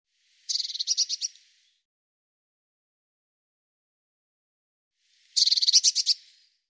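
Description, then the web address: Eurasian blue tit giving two churring buzzy call bursts of rapid repeated notes, each about a second long, several seconds apart, with silence between. "cianscape birddata Deverinetal 2025 File cleaned normalized Bird Cy Ca"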